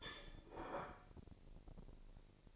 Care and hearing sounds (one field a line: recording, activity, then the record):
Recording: daily activity, microphone in the room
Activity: place plate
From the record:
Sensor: 5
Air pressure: 1007.5 hPa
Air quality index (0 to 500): 88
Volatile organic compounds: 1 ppm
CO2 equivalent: 696 ppm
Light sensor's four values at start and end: 31/72/29/29 and 31/72/29/29